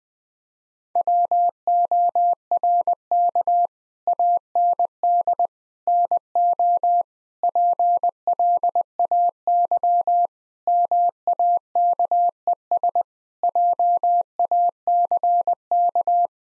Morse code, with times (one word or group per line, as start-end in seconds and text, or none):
1.0-3.7 WORK
4.1-5.5 AND
5.9-7.0 NO
7.4-10.3 PLAY
10.7-13.0 MAKES
13.4-16.3 JACK